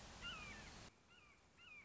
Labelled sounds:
Red-shouldered Hawk
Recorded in Sonoma County, California

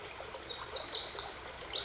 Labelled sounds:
Pacific Wren
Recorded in Sonoma County, California

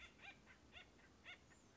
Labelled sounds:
Acorn Woodpecker
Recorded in Sonoma County, California

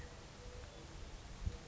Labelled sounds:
California Quail
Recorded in Sonoma County, California

